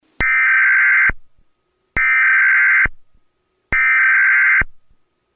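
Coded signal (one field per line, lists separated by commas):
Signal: Emergency Alert System (SAME) tones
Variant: header bursts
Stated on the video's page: Recreation of the failed 2011 EAS National Test, using audio from another source.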